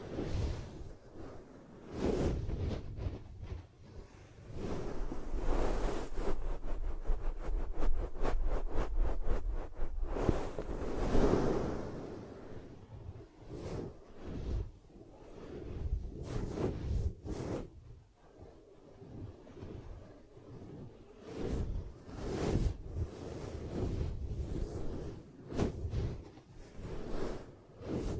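Ear cupping sounds, muffled rubbing and hollow whooshes, with a fast rhythmic patting burst around six to ten seconds, then irregular soft cupping taps.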